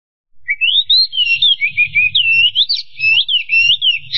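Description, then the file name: Chinese hwamei song with loud looping whistled notes swooping up and down in a rapid, varied sequence, over a low background rumble. "audio-kicauan-burung-hwamei omkicau"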